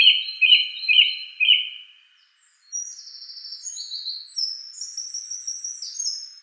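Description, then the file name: Song thrush song: a clear phrase repeated several times in quick succession, followed after a pause by high, thin, twittering notes. "suara kicauan burung song thrush. omkicau"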